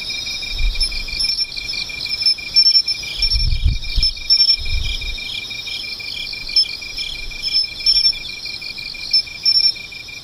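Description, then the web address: Insects chorusing with fast pulsed chirps and layered high trills, brief high buzzy notes, and a few low thuds and rumbles. "cats nishikawa 201110 mushinokoi"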